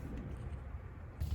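A metal brake pad abutment clip is being refitted into the caliper bracket of a 2006 Chevrolet Impala's rear brakes, bottom edge first with the top then pushed into place. Only low, steady rumbling handling noise is heard, growing slightly louder near the end. Nothing has seated or clicked yet.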